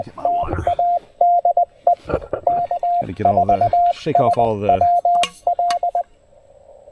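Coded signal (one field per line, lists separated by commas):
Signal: Morse code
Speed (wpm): 20 wpm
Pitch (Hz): 700 Hz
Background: speech, radio noise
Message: TADE K4SWL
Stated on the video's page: QRP Parks on the Air activation on 20 meters with a Penntek TR-45L, pocket paddle, and Packtenna Mini end-fed half-wave antenna.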